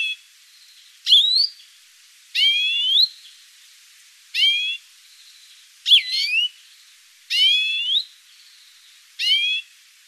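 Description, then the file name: European greenfinch calls, a series of nasal rising notes with harmonics, repeated roughly every one to two seconds against quiet background. "Chloris chloris"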